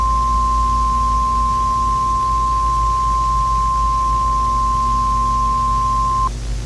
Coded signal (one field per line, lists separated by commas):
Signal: Emergency Alert System (SAME) tones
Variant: 1050 Hz attention tone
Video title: Within the Mist 2 | An EAS Scenario